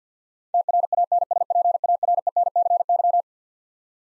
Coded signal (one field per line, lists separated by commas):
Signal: Morse code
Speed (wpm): 50 wpm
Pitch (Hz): 700 Hz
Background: none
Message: TRANSPARENCY